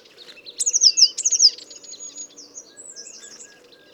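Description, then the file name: Eurasian blue tit calling with two quick high trilled phrases that fall in pitch, then fainter thin notes and a low background hum. "Cyanistes caeruleus"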